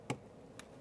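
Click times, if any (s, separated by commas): 0.1 s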